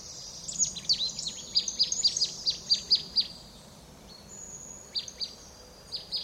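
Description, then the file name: Marsh tit calls: a run of about ten sharp, high chirping notes in quick succession, followed by a few scattered similar notes after a pause. "Poecile palustris"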